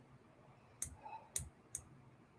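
Metal jewelry jump rings are squeezed shut with pliers, and the ends meet with three sharp, small clicks at 0.8, 1.4 and 1.8 seconds over a quiet background. Each click marks a ring fully closed, with no gap or burr left.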